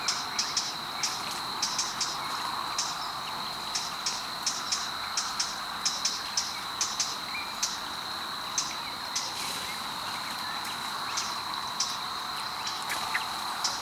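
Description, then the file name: Eurasian blackcap calls: sharp, dry ticking clicks given in quick irregular runs throughout, over a steady high-pitched insect drone. "Sylvia atricapilla"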